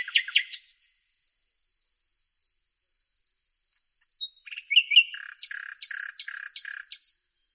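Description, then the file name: Common nightingale song: a sharp burst of notes, a pause filled by a steady high trilling, then a series of loud repeated clicking notes near the end. "Luscinia megarhynchos"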